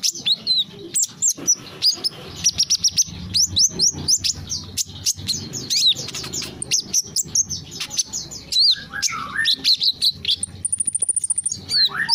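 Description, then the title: Small bird chirping rapidly, sharp high tweets and short notes in quick bursts, with a thin high buzz near the end. "Burung Kecil"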